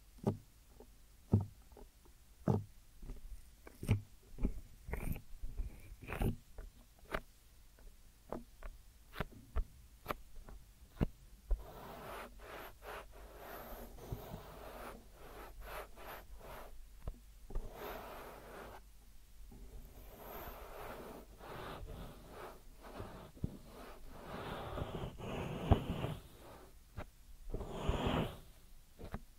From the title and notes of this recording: ASMR Deep Ear Massage for Sleep(No Talking).